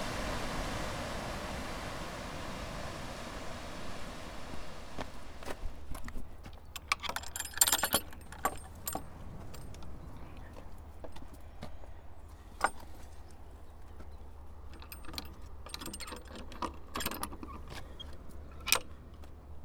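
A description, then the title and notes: A walk along the South West Coast Path, opening with a steady rushing wash that fades after about five seconds. Then come sharp metallic jingles and clinks, like keys or gear jangling, in bursts around 7–9 seconds and again near 16–18 seconds, over a low constant rumble. Today's walk is from Seaton to Portwrinkle along the South West Coast Path.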